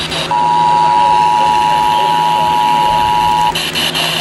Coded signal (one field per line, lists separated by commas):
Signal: Emergency Alert System (SAME) tones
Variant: 853 and 960 Hz attention tone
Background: speech